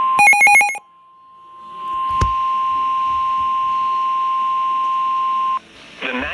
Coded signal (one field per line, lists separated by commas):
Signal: Emergency Alert System (SAME) tones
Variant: 1050 Hz attention tone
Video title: EAS Severe Thunderstorm Warning For my area WXL40 FM Radio EAS#141-145